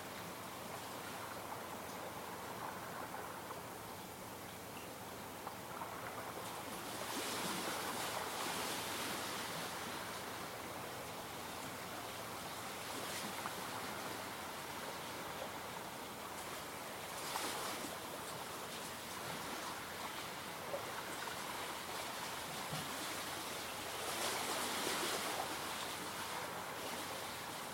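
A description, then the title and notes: Small waves lap against a stony lakeshore in a steady wash of water. Brighter swells of splashing and hiss rise around 7–9, 13, 17 and 24–26 seconds, each easing back into a constant trickling murmur with no other sounds. Waves lap lazily onto the smooth stones of Superior's lakeshore.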